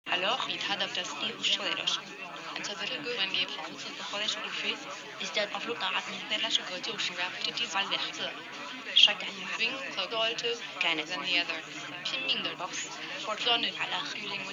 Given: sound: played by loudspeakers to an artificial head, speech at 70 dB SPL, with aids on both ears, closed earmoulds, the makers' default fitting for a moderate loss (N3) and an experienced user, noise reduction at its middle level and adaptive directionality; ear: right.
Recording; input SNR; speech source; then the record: speech test signal (ISTS) in cocktail-party noise; -3 dB; on the right (90 degrees)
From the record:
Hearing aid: class 1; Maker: G